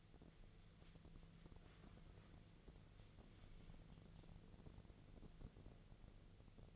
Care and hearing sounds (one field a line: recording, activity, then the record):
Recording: daily activity, microphone in the room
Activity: wipe stove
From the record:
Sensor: 4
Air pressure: 1001.2 hPa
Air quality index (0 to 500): 186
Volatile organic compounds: 3 ppm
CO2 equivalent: 1327 ppm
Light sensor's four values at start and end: 14/32/13/14 and 14/31/13/13